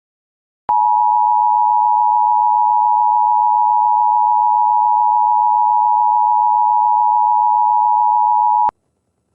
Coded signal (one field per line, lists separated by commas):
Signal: Emergency Alert System (SAME) tones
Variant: 853 and 960 Hz attention tone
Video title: EAS #708 Immediate Evacuation